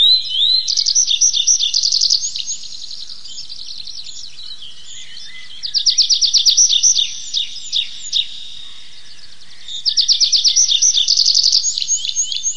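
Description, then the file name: Tree pipit song in three phrases of fast repeated chirps and trills, each lasting a second or two, with a few soft isolated notes in the pauses. "lesnoj konek anthus trivialis"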